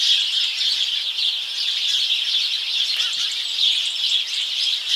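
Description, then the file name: House sparrows calling together, many sharp high chirps overlapping into a steady, unbroken chatter throughout. "Passer domesticus"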